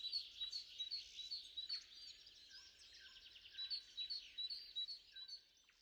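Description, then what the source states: Birds singing high, sharp chirps and short phrases in steady bursts. Morning song; three birds.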